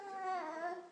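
A brief, single drawn-out fussy vocalization from an infant with a clear, high-pitched tone that wavers slightly, then fades. This is ordinary infant fussing from a sleepy baby who does not want to go to sleep, not a distressed cry.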